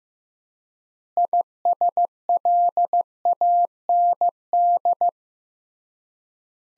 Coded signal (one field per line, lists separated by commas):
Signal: Morse code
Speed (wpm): 15 wpm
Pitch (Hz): 700 Hz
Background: none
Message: ISLAND